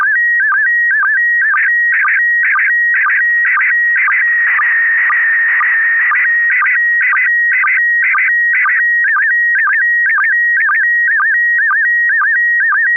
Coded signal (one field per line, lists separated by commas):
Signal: SSTV (slow-scan television)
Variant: PD 120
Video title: N6NA SSTV Net - 01/08/2025